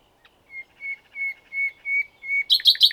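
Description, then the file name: Common nightingale song: six evenly spaced piping notes on one pitch, closing with a rapid, harsh rattling flourish. "Luscinia megarhynchos"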